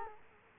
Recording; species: mosquito wingbeat signal from an infrared sensor; Culex quinquefasciatus